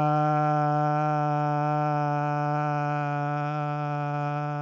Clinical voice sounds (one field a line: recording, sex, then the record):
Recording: sustained vowel /a/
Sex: male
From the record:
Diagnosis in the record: Parkinson's disease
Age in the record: 70 years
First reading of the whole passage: 112 s, 4.6 characters per second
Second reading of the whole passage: 107 s, 4.9 characters per second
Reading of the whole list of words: 68 s, 4.1 characters per second